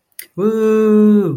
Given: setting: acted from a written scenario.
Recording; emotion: vocal sound without words; amusement